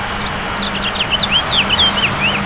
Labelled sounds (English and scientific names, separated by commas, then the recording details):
House Finch (Haemorhous mexicanus) song
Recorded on Long Island, New York, on 22 June 2012
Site AU
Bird A